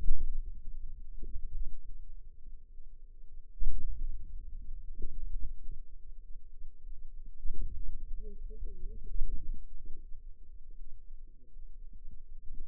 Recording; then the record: forearm muscle sounds (acoustic myography)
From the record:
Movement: ulnar deviation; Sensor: system 2, bracelet of six BSWA MPA416 microphones around the upper forearm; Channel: 2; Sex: female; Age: 21 years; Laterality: right